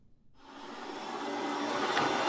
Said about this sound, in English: Do you have to hoover like that? I'm the cleaner here. It's my job.